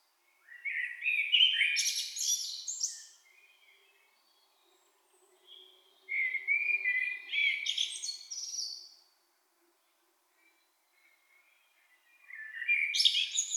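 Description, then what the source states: Blackbird singing repeated mellow warbled phrases, each closing with a shrill high twitter, separated by short pauses. In town.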